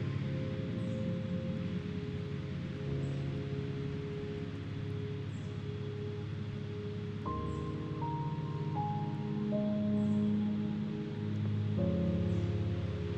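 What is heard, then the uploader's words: Slow, soft piano plays sustained low and middle notes over a steady wash of hissing city noise. The chords hold for long stretches, then change around seven seconds, with a few single higher notes stepping down before another chord shift near twelve seconds. Piano Music with City Sounds. Cars pass by on a rainy day. Peaceful piano.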